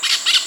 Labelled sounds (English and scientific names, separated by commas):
Brown-throated Parakeet (Eupsittula pertinax) contact call